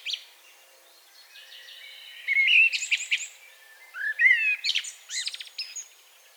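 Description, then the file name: Common blackbird delivering two song phrases, each a low fluting whistle that breaks into high, scratchy twitters, with a short pause between them. "Turdus merula"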